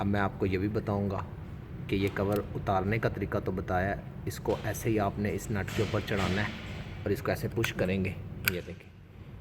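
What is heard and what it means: Someone talks while a plastic lug nut cover is handled and placed over a wheel nut on a Proton X70 wheel to be pushed on by hand. Nothing has seated or clicked yet when the clip ends.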